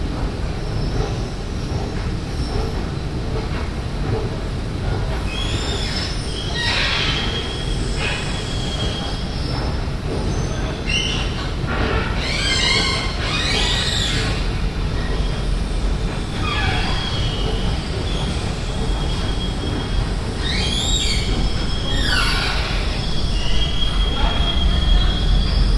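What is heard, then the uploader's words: A creaking escalator runs with a steady, dense low rumble throughout. Bright squeals and creaks rise over it in bursts, around 6, 12–14 and 21–23 seconds, some sliding up or down in pitch like strained metal. The mechanical drone stays constant. Creaking Escalator Parking Grote Markt, Den Haag. Een krakende roltrap.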